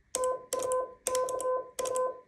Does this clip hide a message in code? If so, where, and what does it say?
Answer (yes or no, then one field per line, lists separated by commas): yes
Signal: Morse code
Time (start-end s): 0.2-2.1 s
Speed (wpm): 20 wpm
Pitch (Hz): 1020 Hz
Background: none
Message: TAKA